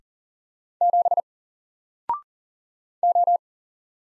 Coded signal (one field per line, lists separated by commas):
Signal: Morse code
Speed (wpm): 38 wpm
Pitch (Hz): 700 Hz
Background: none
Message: 7 O